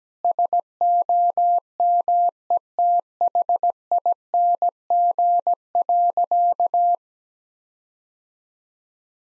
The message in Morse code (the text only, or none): SOMETHING.